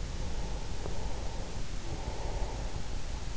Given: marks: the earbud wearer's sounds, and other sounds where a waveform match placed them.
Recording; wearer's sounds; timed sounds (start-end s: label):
sounds in sleep by an in-ear microphone; breath
0.09-3.28 s: breath